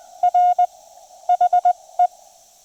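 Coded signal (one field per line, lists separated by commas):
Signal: Morse code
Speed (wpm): 20 wpm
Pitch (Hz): 720 Hz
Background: none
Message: R HE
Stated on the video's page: QRP CW during a POTA park activation including DX contacts, sent on a Discovery TX-500 into an MFJ-1984LP end-fed half-wave antenna.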